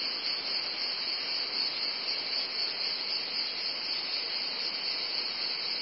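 Cicadas producing a loud, unbroken high-pitched drone, even in volume throughout, with nothing else audible.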